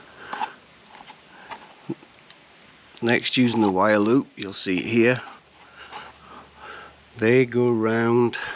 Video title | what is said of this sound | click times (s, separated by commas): Black Dog Skid Plate fitting to R1250 GSA | they're just clipping the place you'll hear them click as they drop into place | 0.3 s, 2.3 s